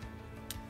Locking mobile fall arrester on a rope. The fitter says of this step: again until you hear a click and the device is free to move up and down the Rope